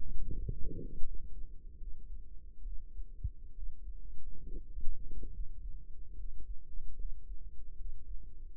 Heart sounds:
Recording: heart sounds by microphone in the right ear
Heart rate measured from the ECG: 73 bpm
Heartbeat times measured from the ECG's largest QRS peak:
0.31 s: heartbeat
1.02 s: heartbeat
1.77 s: heartbeat
2.62 s: heartbeat
3.53 s: heartbeat
4.42 s: heartbeat
5.29 s: heartbeat
6.14 s: heartbeat
6.95 s: heartbeat
7.75 s: heartbeat
8.54 s: heartbeat
From the record:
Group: healthy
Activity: rest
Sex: male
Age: 35 years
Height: 178 cm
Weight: 64 kg

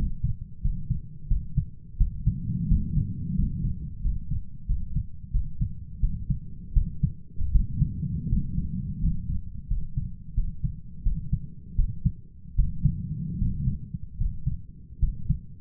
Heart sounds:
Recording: heart sounds by stethoscope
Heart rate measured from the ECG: 83 bpm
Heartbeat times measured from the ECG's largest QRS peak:
0.62 s: heartbeat
1.28 s: heartbeat
1.98 s: heartbeat
2.68 s: heartbeat
3.36 s: heartbeat
4.02 s: heartbeat
4.66 s: heartbeat
5.31 s: heartbeat
6.00 s: heartbeat
6.73 s: heartbeat
7.52 s: heartbeat
8.29 s: heartbeat
9.00 s: heartbeat
9.68 s: heartbeat
10.34 s: heartbeat
11.03 s: heartbeat
11.76 s: heartbeat
12.55 s: heartbeat
13.38 s: heartbeat
14.17 s: heartbeat
14.99 s: heartbeat
From the record:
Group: healthy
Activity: rest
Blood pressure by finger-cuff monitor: 114/60 mmHg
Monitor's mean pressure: 74 mmHg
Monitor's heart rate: 88 bpm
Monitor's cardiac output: 8.7 L/min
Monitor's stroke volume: 100 mL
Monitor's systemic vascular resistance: 600 dyn s/cm5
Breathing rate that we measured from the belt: 12 breaths a minute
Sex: male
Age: 23 years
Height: 178 cm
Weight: 96.6 kg

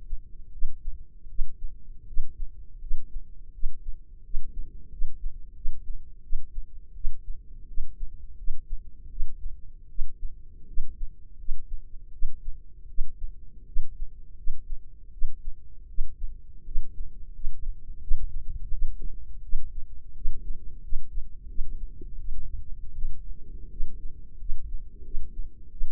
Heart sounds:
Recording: heart sounds by microphone in the left ear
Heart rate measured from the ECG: 83 bpm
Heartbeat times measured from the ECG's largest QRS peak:
0.51 s: heartbeat
1.28 s: heartbeat
2.06 s: heartbeat
2.79 s: heartbeat
3.52 s: heartbeat
4.23 s: heartbeat
4.90 s: heartbeat
5.54 s: heartbeat
6.21 s: heartbeat
6.93 s: heartbeat
7.66 s: heartbeat
8.36 s: heartbeat
9.09 s: heartbeat
9.88 s: heartbeat
10.66 s: heartbeat
11.37 s: heartbeat
12.11 s: heartbeat
12.87 s: heartbeat
13.65 s: heartbeat
14.36 s: heartbeat
15.11 s: heartbeat
15.87 s: heartbeat
16.64 s: heartbeat
17.32 s: heartbeat
18.00 s: heartbeat
18.71 s: heartbeat
19.41 s: heartbeat
20.14 s: heartbeat
20.81 s: heartbeat
21.47 s: heartbeat
22.17 s: heartbeat
22.94 s: heartbeat
23.69 s: heartbeat
24.38 s: heartbeat
25.03 s: heartbeat
25.70 s: heartbeat
From the record:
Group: healthy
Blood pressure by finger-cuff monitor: 101/57 mmHg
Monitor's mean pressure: 71 mmHg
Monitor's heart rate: 84 bpm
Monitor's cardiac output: 7.3 L/min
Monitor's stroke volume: 89 mL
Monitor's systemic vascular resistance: 690 dyn s/cm5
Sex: female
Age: 22 years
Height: 157 cm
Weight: 47.6 kg

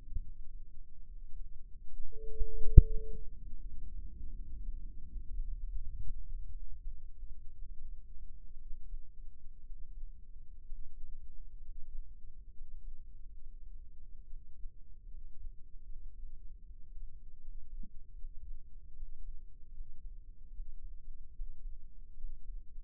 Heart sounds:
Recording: heart sounds by microphone in the left ear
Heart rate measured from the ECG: 71 bpm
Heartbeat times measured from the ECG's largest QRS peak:
0.17 s: heartbeat
1.03 s: heartbeat
1.90 s: heartbeat
2.77 s: heartbeat
3.60 s: heartbeat
4.34 s: heartbeat
5.05 s: heartbeat
5.76 s: heartbeat
6.53 s: heartbeat
7.53 s: heartbeat
8.60 s: heartbeat
9.63 s: heartbeat
10.63 s: heartbeat
11.59 s: heartbeat
12.52 s: heartbeat
13.40 s: heartbeat
14.24 s: heartbeat
15.05 s: heartbeat
15.84 s: heartbeat
16.62 s: heartbeat
17.39 s: heartbeat
18.15 s: heartbeat
18.93 s: heartbeat
19.72 s: heartbeat
20.51 s: heartbeat
21.32 s: heartbeat
22.16 s: heartbeat
From the record:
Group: healthy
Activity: rest 0-5 s, breath hold 5-23 s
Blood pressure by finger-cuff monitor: 94/65 mmHg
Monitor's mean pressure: 73 mmHg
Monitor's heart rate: 73 bpm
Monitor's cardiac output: 5.7 L/min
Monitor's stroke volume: 81 mL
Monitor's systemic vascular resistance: 860 dyn s/cm5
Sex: male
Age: 22 years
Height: 181 cm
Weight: 79 kg

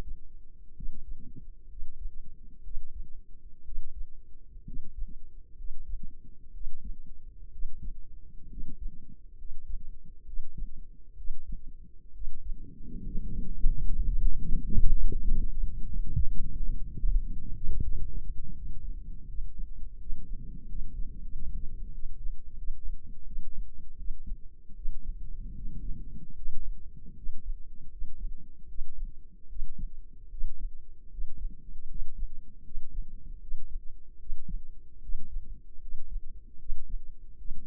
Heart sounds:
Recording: heart sounds by microphone in the left ear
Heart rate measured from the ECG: 74 bpm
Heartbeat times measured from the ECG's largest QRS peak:
0.73 s: heartbeat
1.67 s: heartbeat
2.61 s: heartbeat
3.62 s: heartbeat
4.63 s: heartbeat
5.55 s: heartbeat
6.51 s: heartbeat
7.49 s: heartbeat
8.47 s: heartbeat
9.35 s: heartbeat
10.24 s: heartbeat
11.15 s: heartbeat
12.11 s: heartbeat
13.01 s: heartbeat
13.76 s: heartbeat
14.51 s: heartbeat
15.29 s: heartbeat
16.11 s: heartbeat
16.94 s: heartbeat
17.78 s: heartbeat
18.52 s: heartbeat
19.24 s: heartbeat
19.96 s: heartbeat
20.65 s: heartbeat
21.28 s: heartbeat
21.90 s: heartbeat
22.55 s: heartbeat
23.23 s: heartbeat
23.95 s: heartbeat
24.72 s: heartbeat
25.52 s: heartbeat
26.32 s: heartbeat
27.13 s: heartbeat
27.88 s: heartbeat
28.65 s: heartbeat
29.46 s: heartbeat
30.27 s: heartbeat
31.07 s: heartbeat
31.85 s: heartbeat
32.61 s: heartbeat
33.38 s: heartbeat
34.16 s: heartbeat
34.99 s: heartbeat
35.78 s: heartbeat
36.56 s: heartbeat
37.35 s: heartbeat
From the record:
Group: healthy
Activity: rest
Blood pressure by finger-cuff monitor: 116/62 mmHg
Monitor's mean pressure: 74 mmHg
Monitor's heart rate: 75 bpm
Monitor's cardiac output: 5.6 L/min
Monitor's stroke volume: 76 mL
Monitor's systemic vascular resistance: 910 dyn s/cm5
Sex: male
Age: 20 years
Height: 167 cm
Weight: 61 kg

